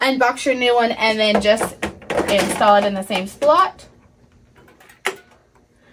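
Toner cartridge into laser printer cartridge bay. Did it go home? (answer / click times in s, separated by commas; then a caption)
yes / 5.1 s. Someone talks, then a new toner cartridge is pushed into its slot in the cartridge bay of an HP Color LaserJet Enterprise MFP X677 color laser printer. A few faint small sounds come just before a single sharp click at 5.1 s. The cartridge clicks home and is installed securely.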